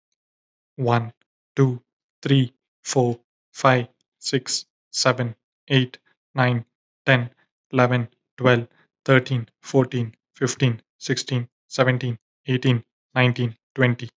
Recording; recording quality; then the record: counting at a normal pace; excellent, no background noise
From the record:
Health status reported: healthy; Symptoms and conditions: none ticked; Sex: male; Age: 21 years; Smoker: not ticked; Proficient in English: yes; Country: India